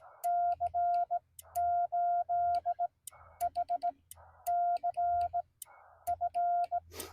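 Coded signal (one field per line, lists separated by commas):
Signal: Morse code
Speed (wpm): 15 wpm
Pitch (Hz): 690 Hz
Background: none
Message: C8HCF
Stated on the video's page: CW Parks on the Air activation by a newbie, Yaesu FT-891 with a 17-foot telescoping whip.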